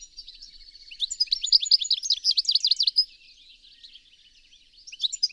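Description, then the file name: European goldfinch giving a dense run of rapid, tinkling twitters over a faint continuous buzz, then quieter notes and a short final burst. "Carduelis carduelis"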